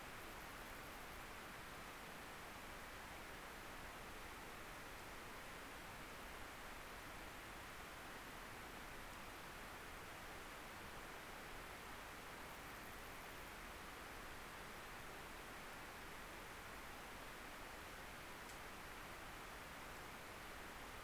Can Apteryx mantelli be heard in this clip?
no